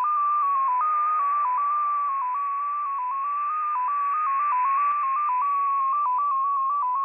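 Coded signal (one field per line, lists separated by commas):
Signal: multi-tone FSK (Olivia or MFSK type)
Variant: XPA2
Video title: XPA2 Data Mode 21/06/2023 0930 UTC 15812kHz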